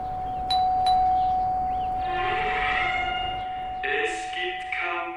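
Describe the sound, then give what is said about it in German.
An old house doorbell, essentially unchanged for the last 40 years, rings with a harsh, buzzing, metallic tone that swells and breaks into a few bursts, after two sharp clicks, all over a steady high hum. “Wir können ja vielleicht noch mal ein letztes Mal klingeln.”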